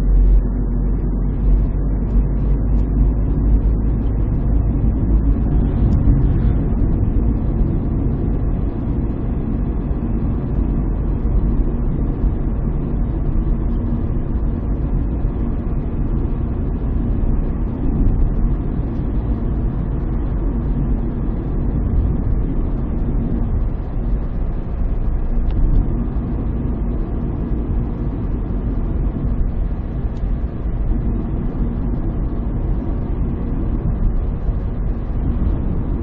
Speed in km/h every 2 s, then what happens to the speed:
55, 59, 62, 62, 63, 63, 63, 63, 63, 64, 63, 64, 65, 65, 65, 66, 67, 66.
0-7 speeds up to 63. 7-36 steady at about 64.